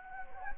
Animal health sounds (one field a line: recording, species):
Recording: mosquito wingbeat signal from an infrared sensor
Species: Anopheles gambiae